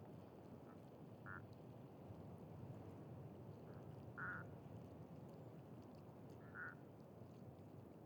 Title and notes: Canards et Chants des Sirènes. Séquence magiques de canards aux chants particulier! Cet étang est à côté d'un site très particulier qui met en scène des épouvantails dans des scènes. . plutôt gore!